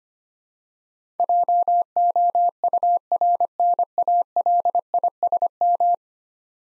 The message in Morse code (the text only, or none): JOURNALISM